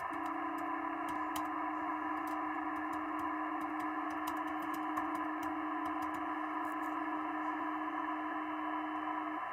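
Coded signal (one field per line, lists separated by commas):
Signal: PSK31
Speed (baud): 31.25 baud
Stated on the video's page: PSK31 sent from home in an RV during a Digital Mode Revival live stream.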